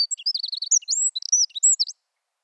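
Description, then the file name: Eurasian wren singing a fast, high-pitched run of notes, opening on a quick trill and followed by sharp whistled slurs and chips. "Troglodytes troglodytes"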